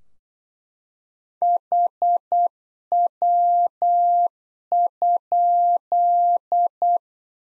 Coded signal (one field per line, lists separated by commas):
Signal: Morse code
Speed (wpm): 8 wpm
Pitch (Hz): 700 Hz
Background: none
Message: HW?